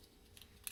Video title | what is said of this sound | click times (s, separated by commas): @nockonarchery has a release holster? YEP! | and then it releases. | 0.4 s, 0.7 s